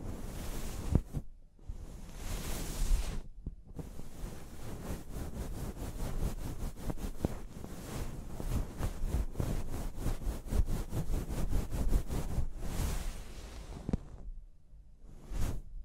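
Hair being washed with scalp massage: dense rubbing and squishing, rapid regular scratchy strokes mid-clip, with rushing water-like bursts near the start and end.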